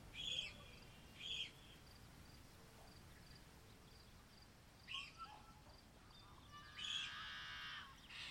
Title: Yellow-Headed Blackbirds at Morning At Columbia National Wildlife Refuge